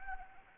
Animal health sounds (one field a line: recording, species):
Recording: mosquito wingbeat signal from an infrared sensor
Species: Anopheles arabiensis